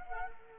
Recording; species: mosquito wingbeat signal from an infrared sensor; Anopheles arabiensis